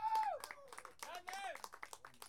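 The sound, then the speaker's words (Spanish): A short burst of audience applause for a pair of performers at the Fourth Meeting of Poets and Payadores in Aguila Sur, with scattered claps mixed with excited cheering voices and a high whistle-like squeal near the start, lasting a couple of seconds. “Aplauso por la escopeta y el conejo.”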